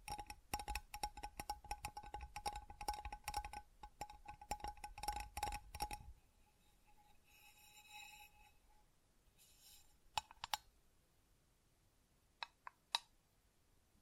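Tingly tapping and scratching: quick, dense taps with a clear ringing tone run for the first six seconds. Softer scratchy rustles follow around eight and nine seconds, then a few sharp isolated clicks near ten, twelve and thirteen seconds.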